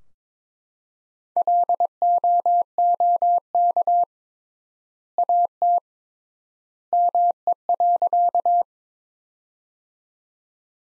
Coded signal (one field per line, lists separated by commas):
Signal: Morse code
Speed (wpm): 22 wpm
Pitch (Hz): 700 Hz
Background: none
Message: LOOK AT ME.